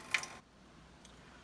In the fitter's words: when you pull this down it locks in place and the spout remains open and